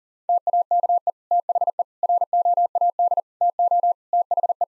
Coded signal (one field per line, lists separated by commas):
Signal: Morse code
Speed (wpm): 37 wpm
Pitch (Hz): 700 Hz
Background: none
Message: TAKE THE ROAD TO THE